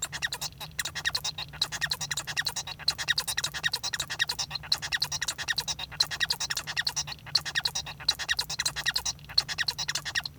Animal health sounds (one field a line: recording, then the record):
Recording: song of a male Bengalese finch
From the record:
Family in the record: son of father 1